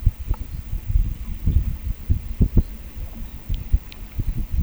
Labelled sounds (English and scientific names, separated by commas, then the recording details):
none
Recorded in pastures near Puerto Asís, Putumayo, Colombia, on 22 December 2024 at 17:00
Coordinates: 0.486, -76.323
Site GP01